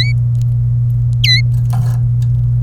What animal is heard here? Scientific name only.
Serinus canaria